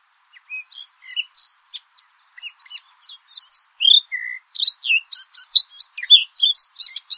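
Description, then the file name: Eurasian blackcap singing a rich, varied warble of short scratchy notes and quick, bright whistled phrases. "Sylvia atricapilla"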